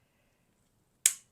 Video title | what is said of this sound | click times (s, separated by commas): NEW Sizzix Print & Pattern Tool Kit - Catherine Pooler + Sizzix Collection Overview | I can also go this way. So 1 click, 2 | 1.1 s